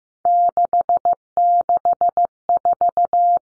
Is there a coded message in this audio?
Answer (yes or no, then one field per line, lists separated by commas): yes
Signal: Morse code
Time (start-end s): 0.3-3.4 s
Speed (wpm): 15 wpm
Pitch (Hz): 700 Hz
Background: none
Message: 664